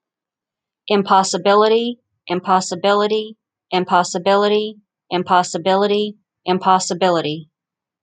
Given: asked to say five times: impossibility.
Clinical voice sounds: repeated word; female; 40 to 49 years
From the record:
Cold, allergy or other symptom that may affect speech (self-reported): no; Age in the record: 44 years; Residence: Florida, United States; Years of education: 14

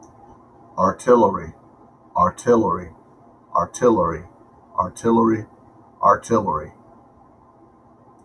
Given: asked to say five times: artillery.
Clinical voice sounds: repeated word; male; 40 to 49 years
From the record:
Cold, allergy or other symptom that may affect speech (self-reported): no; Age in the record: 46 years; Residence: Georgia, United States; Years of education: 13

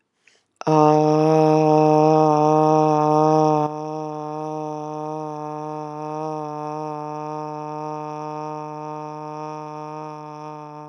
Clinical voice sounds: vowel held as long as possible; female; 30 to 39 years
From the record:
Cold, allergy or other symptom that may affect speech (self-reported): no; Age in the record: 39 years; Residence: Alabama, United States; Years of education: 12

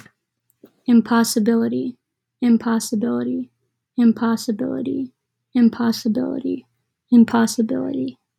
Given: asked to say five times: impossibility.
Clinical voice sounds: repeated word; female; 20 to 29 years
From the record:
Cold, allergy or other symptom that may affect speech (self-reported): no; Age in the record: 21 years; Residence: Wisconsin, United States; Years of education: 15

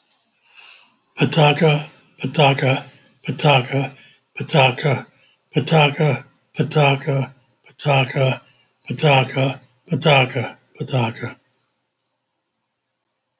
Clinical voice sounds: repeated syllables /pa ta ka/; male; 70 to 79 years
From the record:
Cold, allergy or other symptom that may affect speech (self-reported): no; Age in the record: 71 years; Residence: Minnesota, United States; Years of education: 16

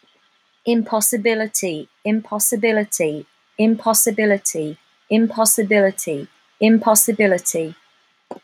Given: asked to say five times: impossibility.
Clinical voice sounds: repeated word; female; 50 to 59 years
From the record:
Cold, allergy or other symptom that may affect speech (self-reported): no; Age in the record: 54 years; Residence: Washington, United States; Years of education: 13

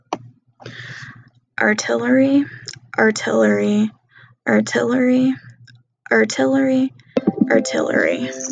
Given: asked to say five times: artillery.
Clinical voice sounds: repeated word; female; 20 to 29 years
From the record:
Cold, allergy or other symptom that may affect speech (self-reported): yes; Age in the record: 29 years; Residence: Colorado, United States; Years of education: 12

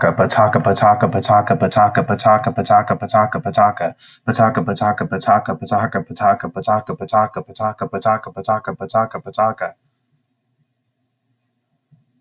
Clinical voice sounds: repeated syllables /pa ta ka/; male; 20 to 29 years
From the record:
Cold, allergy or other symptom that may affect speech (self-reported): no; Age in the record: 28 years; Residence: Colorado, United States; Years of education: 12

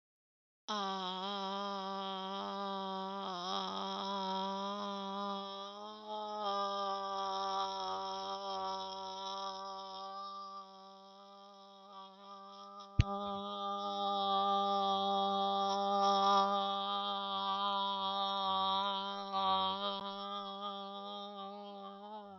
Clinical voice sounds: vowel held as long as possible; female; 40 to 49 years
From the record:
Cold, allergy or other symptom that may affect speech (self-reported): no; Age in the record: 44 years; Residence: Idaho, United States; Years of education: 16

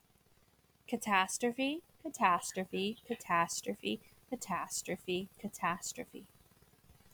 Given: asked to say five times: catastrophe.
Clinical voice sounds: repeated word; female; 20 to 29 years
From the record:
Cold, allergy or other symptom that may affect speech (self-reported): no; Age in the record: 24 years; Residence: Arkansas, United States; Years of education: 13

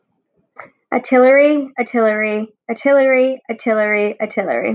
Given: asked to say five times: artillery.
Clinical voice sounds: repeated word; female; 30 to 39 years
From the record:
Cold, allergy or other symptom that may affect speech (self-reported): no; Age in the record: 32 years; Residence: New York, United States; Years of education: 16

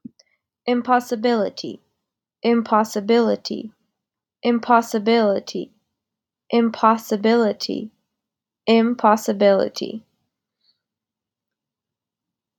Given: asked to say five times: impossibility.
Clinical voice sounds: repeated word; female; 20 to 29 years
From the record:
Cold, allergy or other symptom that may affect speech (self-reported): no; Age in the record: 28 years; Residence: Washington, United States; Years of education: 18

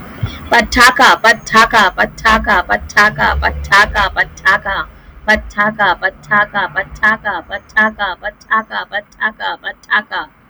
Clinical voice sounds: repeated syllables /pa ta ka/; female; 20 to 29 years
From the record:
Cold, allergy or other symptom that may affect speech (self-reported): yes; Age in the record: 29 years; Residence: Texas, United States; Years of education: 25

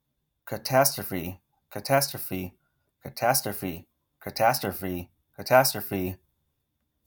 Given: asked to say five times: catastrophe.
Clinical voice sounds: repeated word; male; 40 to 49 years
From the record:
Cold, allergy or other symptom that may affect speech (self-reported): no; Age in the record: 42 years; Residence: Arizona, United States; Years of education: 16

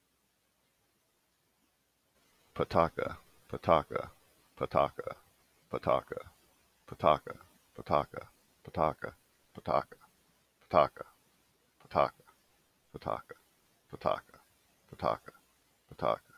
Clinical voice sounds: repeated syllables /pa ta ka/; male; 30 to 39 years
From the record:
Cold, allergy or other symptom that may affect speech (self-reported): no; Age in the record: 34 years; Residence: California, United States

